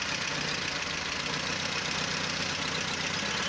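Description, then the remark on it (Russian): A car engine idles steadily, a constant even rumble with a faint rapid pulsing and no sputtering or misfires, holding the same loudness throughout with no voices. “И вот как моторчик работает”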